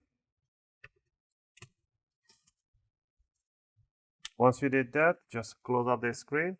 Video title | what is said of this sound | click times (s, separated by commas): Lenovo Ideapad 320 15ABR 80Xs001📢 Cleaning & REPASTE | And you're going to hear a few clicks. That's what you want to hear. | 0.8 s, 1.6 s, 4.2 s